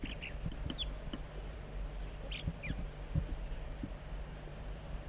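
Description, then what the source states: Crossbill calls, scattered short chips and slurred notes, some in quick pairs, over low rumbling background noise. Juvenile on a perch, on a hilltop.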